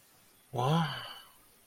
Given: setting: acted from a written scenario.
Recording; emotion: vocal sound without words; awe